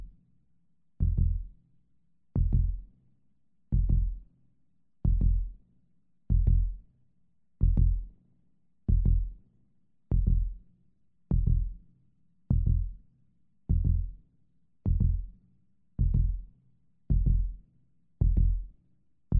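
Deep, regular human heartbeat thumps in a hospital setting, about sixteen in twenty seconds. The gaps shorten steadily, so the rate climbs from roughly 45 to near 60 beats a minute as the heartbeat speeds up.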